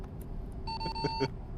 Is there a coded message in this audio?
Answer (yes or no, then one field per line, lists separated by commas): no